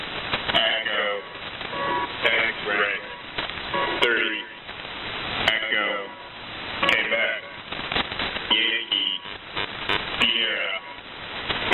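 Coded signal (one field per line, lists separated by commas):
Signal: coded military voice message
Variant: HFGCS Emergency Action Message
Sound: voice reading short clipped phrases over noisy single-sideband radio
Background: radio static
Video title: HFGCS EAMs 09-10-2018 2303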